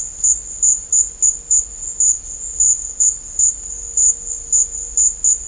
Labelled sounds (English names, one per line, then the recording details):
none
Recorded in dense forest near Puerto Asís, Putumayo, Colombia, on 21 December 2024 at 14:00
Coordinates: 0.500, -76.322
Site G053